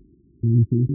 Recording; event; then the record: neck accelerometer signal played as sound; no cough (speech, laughter, throat clearing or background)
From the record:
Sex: female